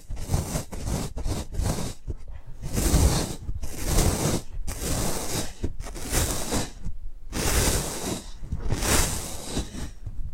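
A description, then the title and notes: Ear picking sounds shift from side to side, made up of scratchy rustles and soft swishing strokes. Dense clusters of quick scrapes near the start give way to longer brushing swells around three, six, and nine seconds, with brief near-silent gaps between them. 3D panoramic ear picking with various props.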